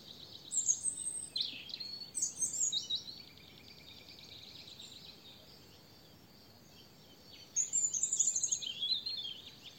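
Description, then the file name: European robin singing two bursts of high, fast, varied warbling and trilled phrases, separated by about four seconds of quiet background hiss. "Erithacus rubecula"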